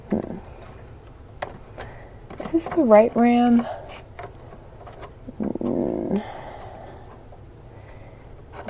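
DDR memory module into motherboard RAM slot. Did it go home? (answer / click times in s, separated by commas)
no / none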